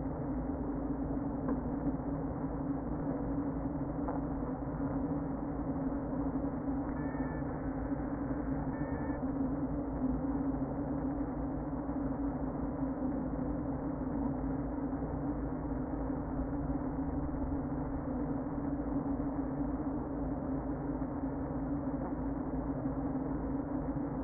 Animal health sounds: honeybee colony, microphone inside the hive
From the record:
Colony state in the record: queen present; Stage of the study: before two queens were removed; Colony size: about 60,000 bees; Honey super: yes

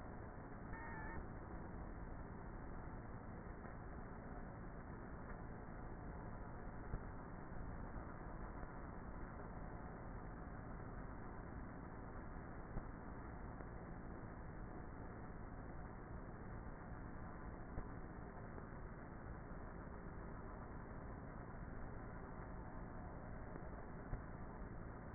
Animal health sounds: honeybee colony, microphone inside the hive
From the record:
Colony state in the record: queenless with a low population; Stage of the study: before two queens were removed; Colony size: about 30,000 bees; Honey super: no

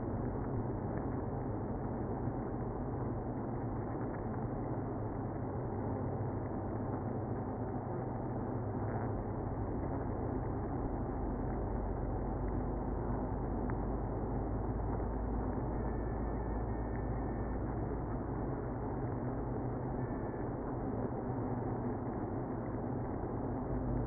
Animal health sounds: honeybee colony, microphone inside the hive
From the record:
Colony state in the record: queenless (queen removed); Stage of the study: after two queens were removed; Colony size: about 60,000 bees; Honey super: yes

